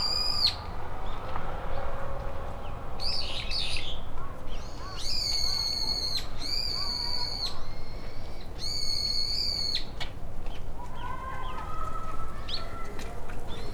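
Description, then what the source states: Bird calls: several long, flat, high whistled notes with strong overtones, each ending in a quick drop, over low steady background noise. Recorded with a Portacapture X6.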